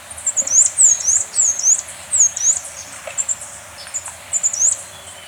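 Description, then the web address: Capped conebill producing quick runs of piercing high, swooping notes, grouped in short phrases with gaps. Recorded in Ecuador. "Natures Songs S America Birds of Ecuador. Capped Conebill"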